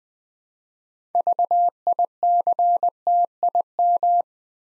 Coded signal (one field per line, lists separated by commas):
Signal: Morse code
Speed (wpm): 20 wpm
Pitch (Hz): 700 Hz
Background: none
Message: VICTIM